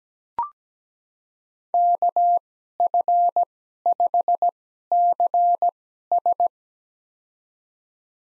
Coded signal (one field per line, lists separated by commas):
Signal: Morse code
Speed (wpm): 17 wpm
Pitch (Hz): 700 Hz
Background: none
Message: KF5CS